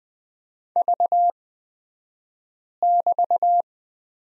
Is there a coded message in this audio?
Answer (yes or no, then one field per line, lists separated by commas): yes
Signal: Morse code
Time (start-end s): 0.8-3.6 s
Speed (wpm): 20 wpm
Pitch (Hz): 700 Hz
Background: none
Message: V<BT>